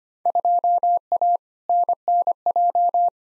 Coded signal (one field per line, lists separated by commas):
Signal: Morse code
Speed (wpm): 25 wpm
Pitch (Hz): 700 Hz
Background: none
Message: 2A NNJ